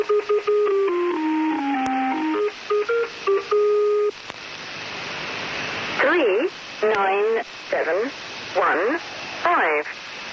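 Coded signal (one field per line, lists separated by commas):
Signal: numbers station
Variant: Lincolnshire Poacher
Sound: short electronic tune snippet, then about five evenly spaced spoken number groups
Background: radio static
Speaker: each broadcast began with a snippet of a song followed by a woman's voice reading out sets of five [Music] numbers 3 9 7 1 5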